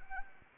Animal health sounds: mosquito wingbeat signal from an infrared sensor; Anopheles arabiensis

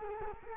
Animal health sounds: mosquito wingbeat signal from an infrared sensor; Culex quinquefasciatus

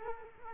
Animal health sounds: mosquito wingbeat signal from an infrared sensor; Culex quinquefasciatus

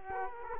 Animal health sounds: mosquito wingbeat signal from an infrared sensor; Culex quinquefasciatus

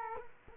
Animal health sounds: mosquito wingbeat signal from an infrared sensor; Culex quinquefasciatus

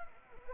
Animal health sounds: mosquito wingbeat signal from an infrared sensor; Anopheles arabiensis

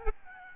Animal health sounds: mosquito wingbeat signal from an infrared sensor; Aedes albopictus

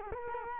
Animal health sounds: mosquito wingbeat signal from an infrared sensor; Culex quinquefasciatus

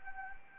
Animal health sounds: mosquito wingbeat signal from an infrared sensor; Anopheles gambiae

